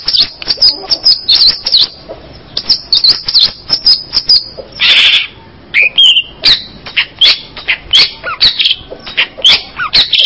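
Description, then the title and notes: Busy bird chattering: quick high chirps and squeaky notes in rapid bursts, with a brief harsh buzzy note in the middle. "Bird Sound. Kicau Burung Lengkap"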